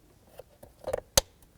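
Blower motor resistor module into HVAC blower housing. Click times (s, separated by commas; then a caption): 1.2 s. A new blower motor resistor module for a 2006-2011 Chevrolet HHR, red circuit board facing out, is pressed up into its opening in the HVAC blower housing. Its plastic tabs lock without any prying. Faint scuffs and rattles come first, then a sharp snap at 1.2 s as the module seats and locks into place.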